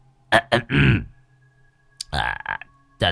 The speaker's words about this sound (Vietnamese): Ông Thầy Long sợ người ta đẩy cái cửa sập sệ không chốt đi vào. Ông hắng giọng.